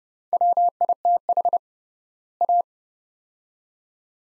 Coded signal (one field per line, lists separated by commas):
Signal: Morse code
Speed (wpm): 31 wpm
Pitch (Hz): 700 Hz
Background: none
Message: WITH A